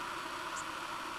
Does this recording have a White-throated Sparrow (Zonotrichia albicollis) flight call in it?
no